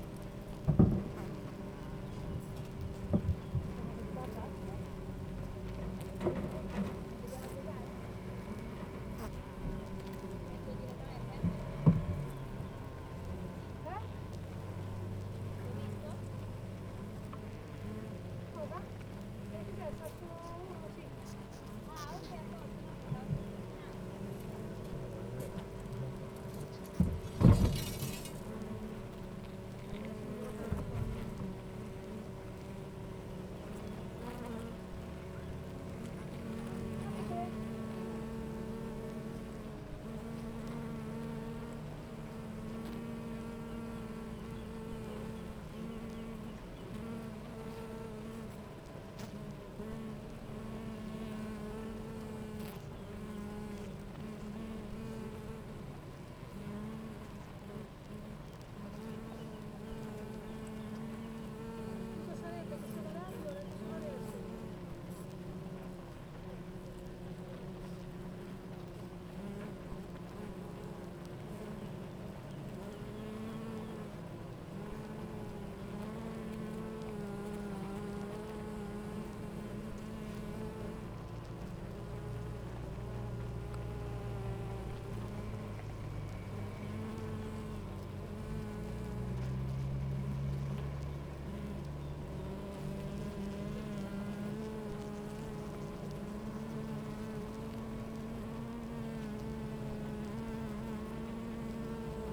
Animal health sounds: honeybee colony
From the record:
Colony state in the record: active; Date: 28 July 2017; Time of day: 9:15

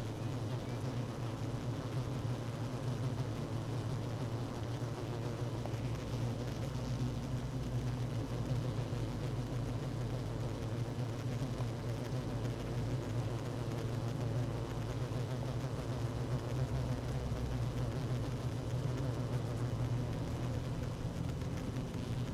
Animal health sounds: honeybee colony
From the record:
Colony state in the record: active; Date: 12 June 2018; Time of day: 16:45

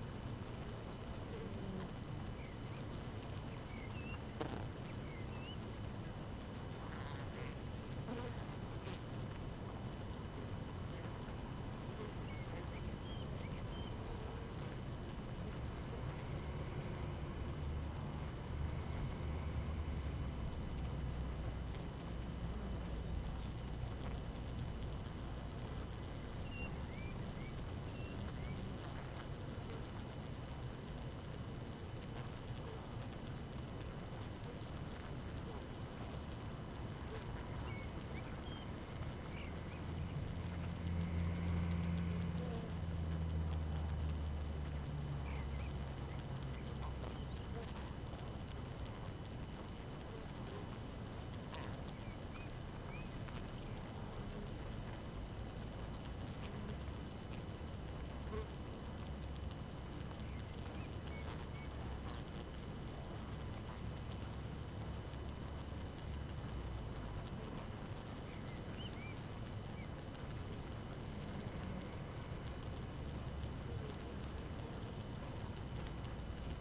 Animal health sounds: honeybee colony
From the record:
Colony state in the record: active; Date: 12 June 2018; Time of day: 5:20

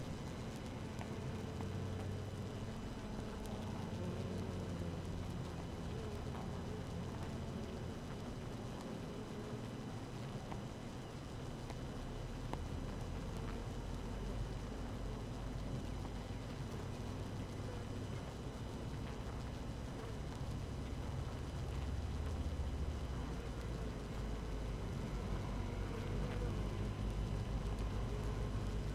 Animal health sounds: honeybee colony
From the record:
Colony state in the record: active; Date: 12 June 2018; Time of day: 7:00

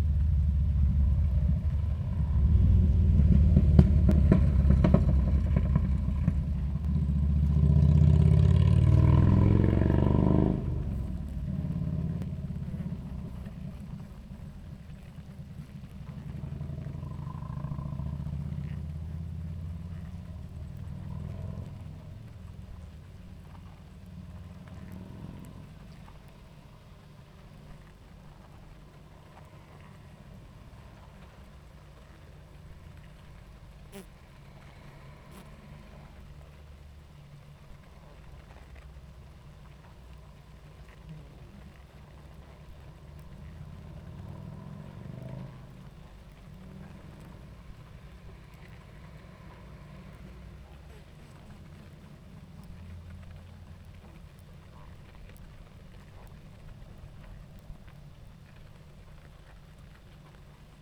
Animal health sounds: honeybee colony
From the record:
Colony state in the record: active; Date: 28 July 2017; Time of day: 19:27

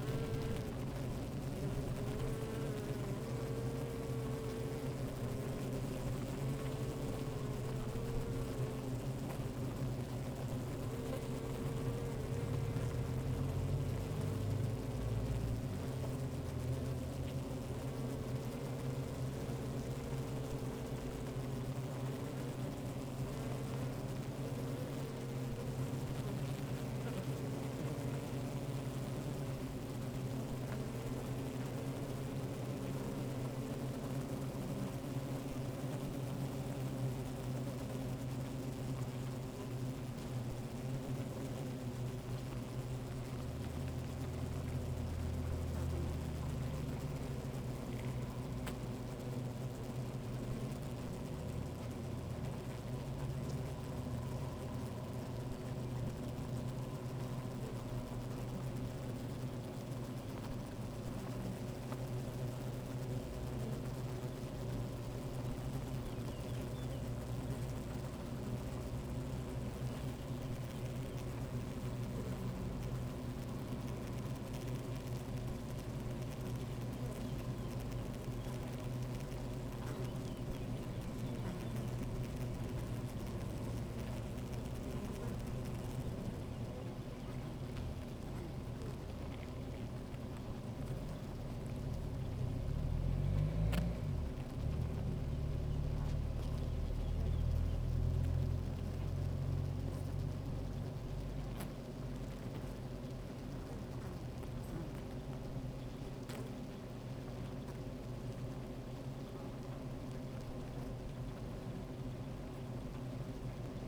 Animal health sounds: honeybee colony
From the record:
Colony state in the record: active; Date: 28 July 2017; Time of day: 13:36

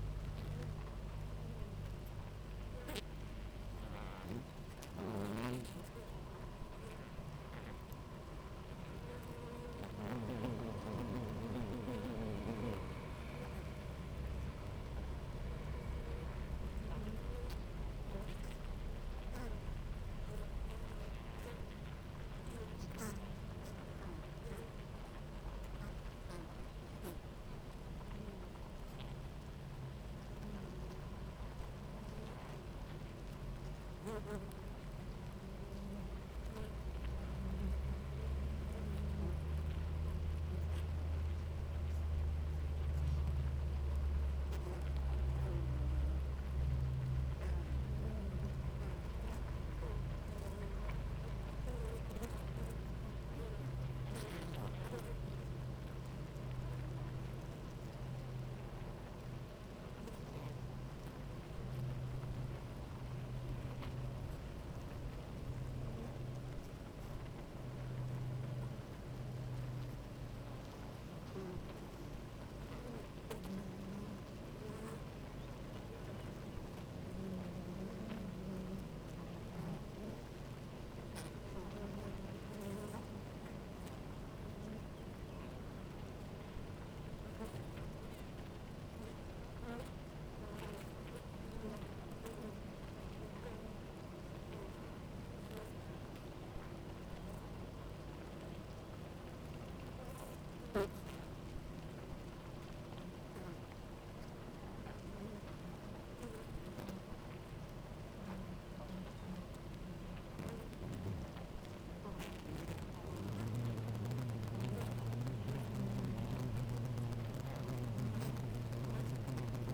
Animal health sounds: honeybee colony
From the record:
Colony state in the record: active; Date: 28 July 2017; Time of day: 10:53

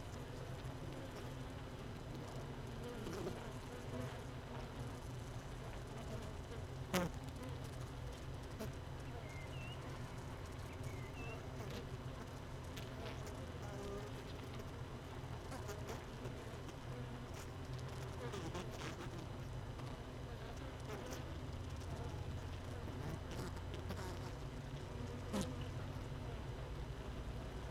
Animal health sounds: honeybee colony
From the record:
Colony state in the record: missing queen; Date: 31 May 2018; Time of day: 16:51

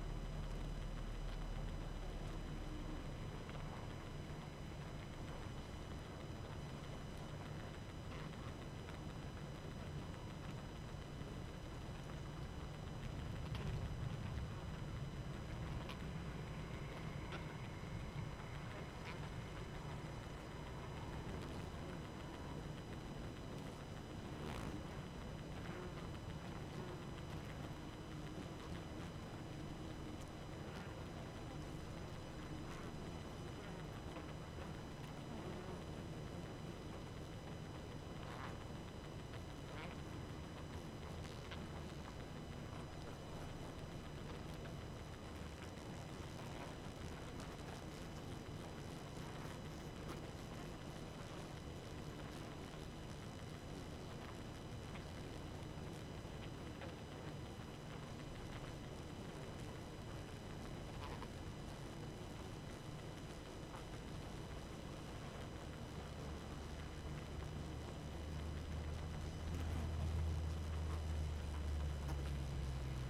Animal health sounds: honeybee colony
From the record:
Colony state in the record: active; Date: 12 June 2018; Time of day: 22:23

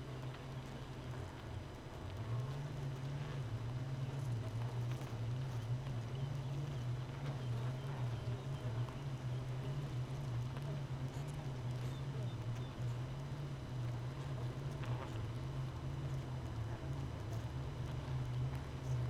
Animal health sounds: honeybee colony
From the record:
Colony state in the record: missing queen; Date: 31 May 2018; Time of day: 5:05

